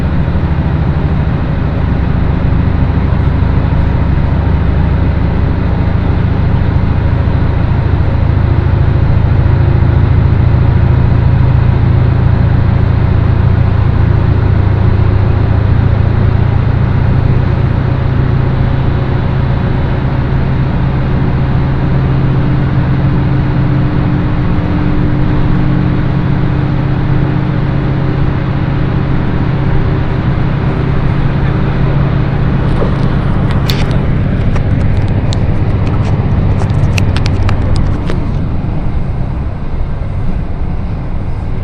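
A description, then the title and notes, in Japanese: A train ride on the Echigo Tokimeki Railway, heard as a steady, dense low rumble of the running train with a faint hum running through it. Around the 33 to 38 second mark, sharp bright clicks and rattles break in, then the rumble eases slightly. 耳で楽しむ鉄道旅 えちごトキめき鉄道 高田→直江津→糸魚川。ディーゼルカー1両で足りてしまいます。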